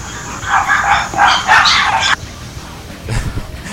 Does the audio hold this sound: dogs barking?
yes